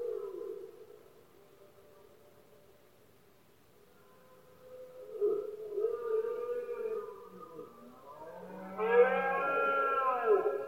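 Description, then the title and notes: Red deer bellows: a drawn-out roar at the start, a hush, then moaning roars that grow louder, the loudest near the end. Male red deer bellowing during the rut, known as berrea or brama, at night in Spain; best heard at night when surroundings are quiet. "Paisaje sonoro: Berrea #04. berrea del ciervo. brama del ciervo"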